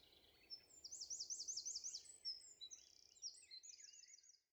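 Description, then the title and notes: Eurasian wren song, a quick series of high trilled and twittering notes that cuts off at the end. Wild bird singing vigorously in forest, asserting its presence to potential rivals; 27 March 2020, Val Maravel; stereo recording with Nagra Seven and MKH8040 microphones. "UN VENT DE TROGLODYTE. 27 mars 2020-Val Maravel. Un Troglodyte mignon (Troglodytes troglodytes) affirme par son chant vigoureux sa présence à tout concurrent potentiel.Chanteur de la forêt son chant nerveux est toujours impressionnant de puissance"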